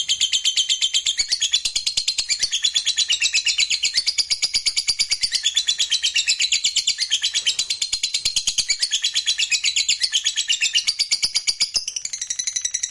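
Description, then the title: Lovebird pouring out a sustained, high-pitched chattering song, rapid scratchy twitters repeated almost three times a second without a break. Fighter lovebird singing energetically (gacor). "SUARA Lovebird FIGHTER GACOR"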